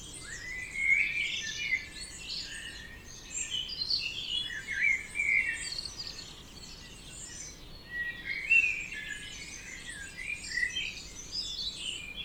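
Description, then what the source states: Birds: a crowded chorus of birds, continuous high chirps, trills and whistled phrases overlapping throughout, with short swells of louder song. Dawn chorus at 4 am in Oberhofen, Inntal, Austria; binaural recording made for headphones.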